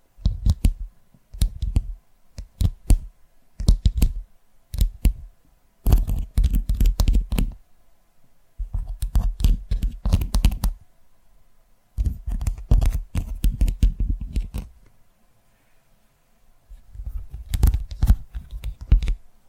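Tapping sounds come in bursts of quick, dry taps and clicks with a heavy low thump beneath each one, separated by short silences. Single taps open the clip, then denser flurries of rapid tapping follow at irregular intervals through to the end.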